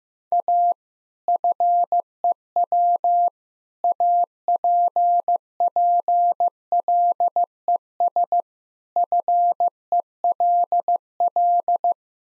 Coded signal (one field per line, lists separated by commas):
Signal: Morse code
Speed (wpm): 15 wpm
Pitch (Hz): 700 Hz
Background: none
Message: A FEW APPLES FELL